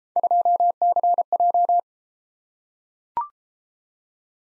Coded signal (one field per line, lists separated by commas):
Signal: Morse code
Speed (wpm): 33 wpm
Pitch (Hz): 700 Hz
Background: none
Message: 2CJ